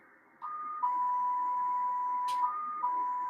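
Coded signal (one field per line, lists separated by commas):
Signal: numbers station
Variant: Polytone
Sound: sustained electronic tones stepping between two pitches, higher then lower then higher again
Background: radio static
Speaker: this is also a number station it's a polyphonic or poly tone one which sounds like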